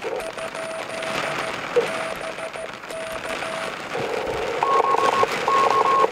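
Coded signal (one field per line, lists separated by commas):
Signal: Morse code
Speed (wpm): 14 wpm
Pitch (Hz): 650 Hz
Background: none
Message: ?BK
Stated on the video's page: CW DX QSO on 28 MHz from a mobile station on a mountain ridge, sent by a learning operator.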